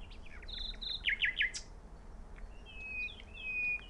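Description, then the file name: Common nightingale singing: buzzy rapid notes and three loud descending strokes, followed by thin drawn-out whistles, with faint low rumble behind. "Luscinia megarhynchos"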